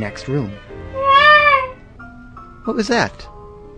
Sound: peacock cry